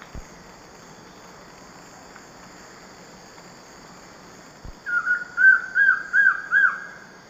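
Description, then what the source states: Collared trogon song: a short series of mellow, evenly spaced notes near the end, over a steady insect hum. Song; South America, eastern lowlands.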